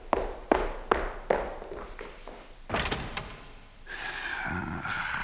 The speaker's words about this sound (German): Ach, warum er nur so laut sein muss, immer mit den Türen knallt.